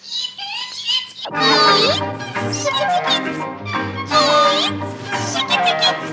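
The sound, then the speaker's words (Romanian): A tomcat yowls at night in long, wavering meows that bend up and down in pitch, loud and nearly continuous, with several drawn-out calls overlapping after a brief quieter opening. “Ia auzi, încep trăznaia. Baz, noapte, cu potaia de motan.”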